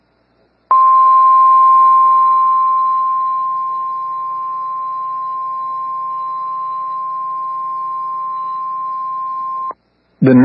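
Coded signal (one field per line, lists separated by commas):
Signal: Emergency Alert System (SAME) tones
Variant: 1050 Hz attention tone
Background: speech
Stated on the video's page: Real EAS tones for a Severe Thunderstorm Warning in Texas and Oklahoma.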